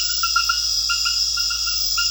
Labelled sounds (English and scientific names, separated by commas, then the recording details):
none
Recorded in secondary vegetation near Puerto Asís, Putumayo, Colombia, on 4 March 2025 at 21:30
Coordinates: 0.498, -76.327
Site G001